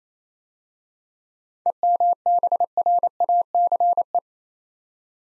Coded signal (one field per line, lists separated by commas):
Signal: Morse code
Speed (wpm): 27 wpm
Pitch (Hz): 700 Hz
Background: none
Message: EMBRACE